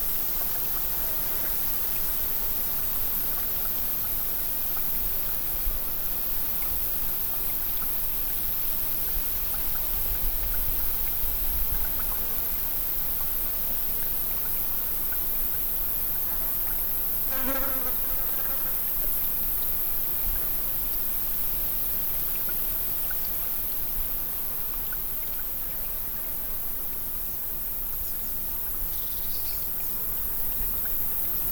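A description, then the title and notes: A breezy meadow at dusk: a steady, dense bed of soft hiss and rustle runs unbroken throughout, with low wind rumble gusting around ten to twelve seconds. Near seventeen seconds a brief buzzing, insect-like call stands out, and faint high chirps appear near twenty-nine seconds. Breezy Meadow at Dusk. Water and nature sounds.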